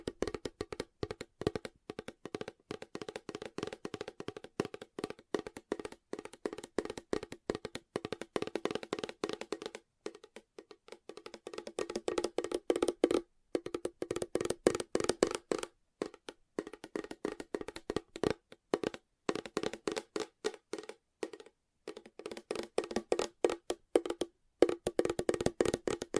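Fast tapping runs in dense, rapid bursts with short pauses, notably around 10, 13, 16 and 24 seconds. Each tap is a sharp, dry knock centered in the low-mid range, the rhythm quick and fairly even within each burst. No other sounds are evident.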